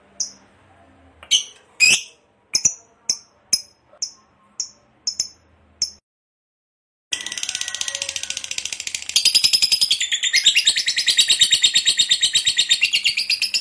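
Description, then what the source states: Lovebird calls: a series of separate sharp chips spaced under a second apart, then a brief silence, then a dense rapid harsh chatter running to the end. Long ngekek chatter, described as gacor (in full, frequent voice).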